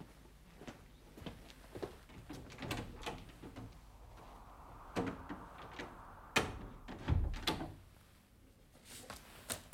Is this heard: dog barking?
no